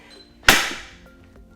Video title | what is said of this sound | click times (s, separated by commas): Nuna Pipa RX vs. Clek Liing 2020 - Infant Car Seat Comparison - Infant Car Seat Review | that sound very safe when we just heard that click in solo | 0.5 s